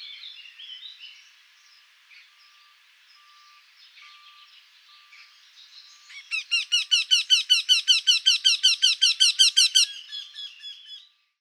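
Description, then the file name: Eurasian wryneck: faint sounds at first, then a loud series of many quick, ringing notes. Recorded at Marcilly on 7 June 2013 at 06:00. "Torcol 20130607 0600 Marcilly"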